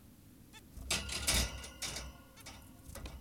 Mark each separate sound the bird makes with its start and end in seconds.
0.54-0.60, 2.37-2.43